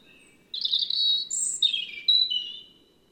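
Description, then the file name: European robin song phrase: rippling high notes, a short very high note, a descending slur, then a clear whistled ending. "Erithacus rubecula"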